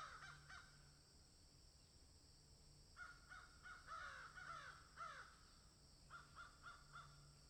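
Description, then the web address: Crow calling in harsh, grating caws: a short run at the start, a longer burst midway, then a final cluster of four rapid caws. "ворона"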